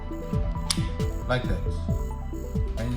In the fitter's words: it over here, and you hear it click, like that.